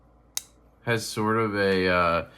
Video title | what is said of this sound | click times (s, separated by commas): CKF Round-Up | And you can hear it click into place. | 0.4 s